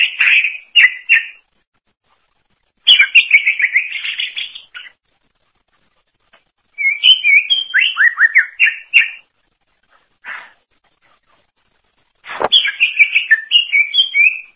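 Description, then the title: Greater green leafbird song: several separate bursts of fast chattering chirps and whistles, divided by quiet gaps, with a sharp click just before the last burst. "Cucak ijo"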